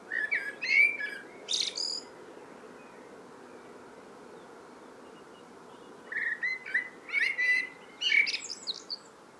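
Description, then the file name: Common blackbird singing two phrases, each of low, rich warbled whistles ending in a sharp, high-pitched twitter, with a quiet gap of about four seconds between them. "Turdus merula"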